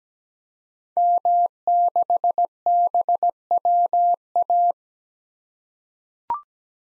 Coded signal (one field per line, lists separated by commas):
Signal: Morse code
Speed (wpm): 17 wpm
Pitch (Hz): 700 Hz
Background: none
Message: M6BWA